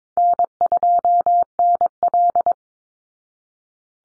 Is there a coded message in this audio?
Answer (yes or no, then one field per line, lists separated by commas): yes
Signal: Morse code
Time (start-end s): 0.2-2.5 s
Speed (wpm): 22 wpm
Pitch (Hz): 700 Hz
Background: none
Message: N2NL